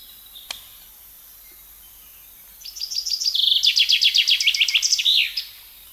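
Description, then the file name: Common chaffinch song, one bright strophe of quick repeated notes that drops in pitch before a short terminal flourish, preceded by a single click. "Fringilla coelebs"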